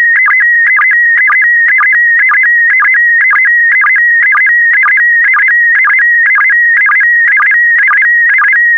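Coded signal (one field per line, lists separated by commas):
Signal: SSTV (slow-scan television)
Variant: PD120 mode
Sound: steady warbling whistle near one pitch, with quick low blips about twice a second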